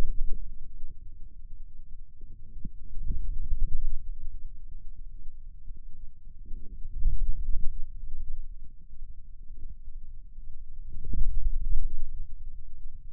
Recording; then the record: forearm muscle sounds (acoustic myography)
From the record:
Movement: wrist extension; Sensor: system 2, bracelet of six BSWA MPA416 microphones around the upper forearm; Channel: 1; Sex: male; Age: 22 years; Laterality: right